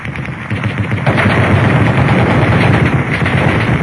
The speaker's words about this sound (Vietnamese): Hơn 4 tiếng đồng hồ sau, lúc đó khoảng 11 giờ khuya, giữa quãng đường dài vắng vẻ, hai bên là triền rừng. Bất chợt, hai loạt trung liên nổ ròn rã phía trước xe.